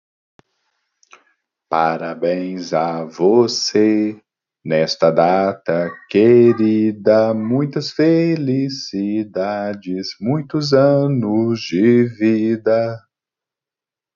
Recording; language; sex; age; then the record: short text; Brazilian Portuguese; male; 40 to 49 years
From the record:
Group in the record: control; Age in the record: 42 years